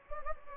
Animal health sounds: mosquito wingbeat signal from an infrared sensor; Anopheles gambiae

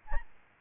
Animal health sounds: mosquito wingbeat signal from an infrared sensor; Aedes albopictus

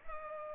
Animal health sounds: mosquito wingbeat signal from an infrared sensor; Culex pipiens

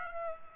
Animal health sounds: mosquito wingbeat signal from an infrared sensor; Aedes aegypti

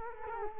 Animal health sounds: mosquito wingbeat signal from an infrared sensor; Culex quinquefasciatus

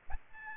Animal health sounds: mosquito wingbeat signal from an infrared sensor; Aedes albopictus

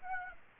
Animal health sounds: mosquito wingbeat signal from an infrared sensor; Aedes aegypti

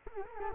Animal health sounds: mosquito wingbeat signal from an infrared sensor; Culex quinquefasciatus

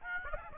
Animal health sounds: mosquito wingbeat signal from an infrared sensor; Aedes aegypti

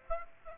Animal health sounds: mosquito wingbeat signal from an infrared sensor; Aedes aegypti

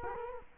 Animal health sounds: mosquito wingbeat signal from an infrared sensor; Culex quinquefasciatus

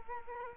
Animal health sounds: mosquito wingbeat signal from an infrared sensor; Culex quinquefasciatus

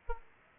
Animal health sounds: mosquito wingbeat signal from an infrared sensor; Aedes aegypti

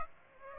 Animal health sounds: mosquito wingbeat signal from an infrared sensor; Aedes aegypti

